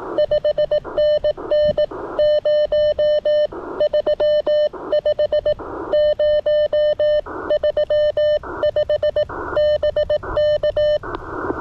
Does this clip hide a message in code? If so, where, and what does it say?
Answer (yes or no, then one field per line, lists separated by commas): yes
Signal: Morse code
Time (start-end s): 0.2-11.0 s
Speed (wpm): 18 wpm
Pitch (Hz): 600 Hz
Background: none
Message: 5NN 035 035 BK